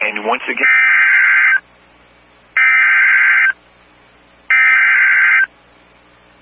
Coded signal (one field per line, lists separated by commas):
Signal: Emergency Alert System (SAME) tones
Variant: header bursts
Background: speech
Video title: SVR Party and The Return Of Da Floods| EAS Alerts from 6/20-6/22-20 (EAS #29-39)